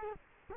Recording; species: mosquito wingbeat signal from an infrared sensor; Culex quinquefasciatus